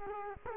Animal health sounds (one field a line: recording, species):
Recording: mosquito wingbeat signal from an infrared sensor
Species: Culex quinquefasciatus